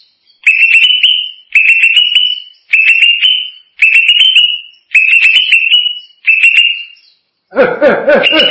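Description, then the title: Greater green leafbird singing a string of seven similar whistled phrases, each slightly rising with clicky accents, followed by a harsher, buzzy burst near the end. "Cucak ijo"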